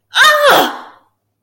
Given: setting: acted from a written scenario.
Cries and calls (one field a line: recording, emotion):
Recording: vocal sound without words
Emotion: pain